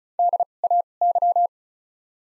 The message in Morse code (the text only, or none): DAY